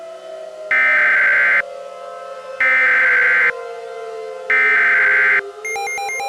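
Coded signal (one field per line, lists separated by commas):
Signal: Emergency Alert System (SAME) tones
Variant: header bursts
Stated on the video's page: Fictional tornado EAS scenario, simulated, with valid EAS tones.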